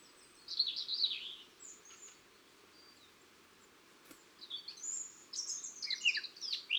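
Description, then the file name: Eurasian blackcap song, a rich warbled phrase at the start, a pause, then a loud fluty burst of varied notes toward the end. "Sylvia atricapilla"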